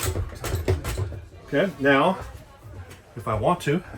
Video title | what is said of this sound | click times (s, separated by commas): SPED BUS & Wheelchairs | And just rock them back and forth. You'll hear click, click, click, click, click. | 0.7 s